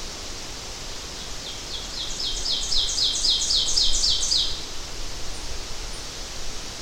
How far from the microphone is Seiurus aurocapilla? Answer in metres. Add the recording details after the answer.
about 15 m. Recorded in boreal forest in Alberta, Canada, on 12 June 2016 at 08:54. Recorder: SongMeter 3, array SBT-3-18. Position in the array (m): 90 m, 293 m. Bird 32